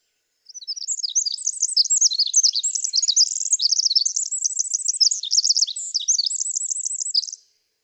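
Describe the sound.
Pacific Wren song, a long, very high tumbling cascade of rapid trills and tinkling notes, pouring on without pause for nearly seven seconds.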